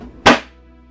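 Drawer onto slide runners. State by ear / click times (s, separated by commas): seated / 0.3 s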